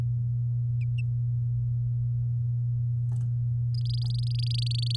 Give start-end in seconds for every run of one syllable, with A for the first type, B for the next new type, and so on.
3.74-4.96 A